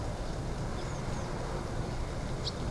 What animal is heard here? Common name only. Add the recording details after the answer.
Eurasian Blue Tit. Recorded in Germany. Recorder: ecoPi